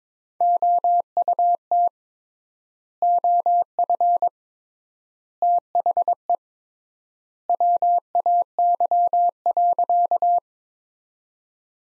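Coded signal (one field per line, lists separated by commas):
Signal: Morse code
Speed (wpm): 22 wpm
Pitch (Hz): 700 Hz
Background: none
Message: OUT OF THE WAY.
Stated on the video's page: Morse practice sentences from the top 100 words at 22 wpm with 3x standard word spacing, a word-level Farnsworth-like method.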